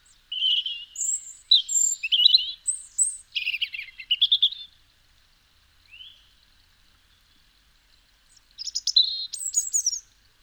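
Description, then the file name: European robin delivering wistful high song phrases of tumbling whistles and rapid twitters, a long pause with one soft slurred note, then another bright phrase. "Erithacus rubecula"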